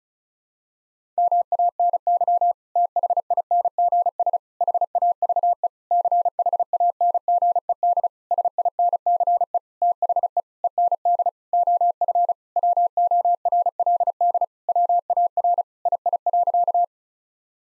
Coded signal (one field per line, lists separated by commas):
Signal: Morse code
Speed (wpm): 34 wpm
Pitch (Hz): 700 Hz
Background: none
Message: MANY THINGS HAVE CHANGED SINCE THE END OF WORLD WAR II.